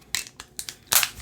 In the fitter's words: there we go got them both locked into place and then you've got